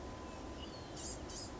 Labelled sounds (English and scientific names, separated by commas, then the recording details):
Blue-gray Gnatcatcher (Polioptila caerulea)
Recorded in Sonoma County, California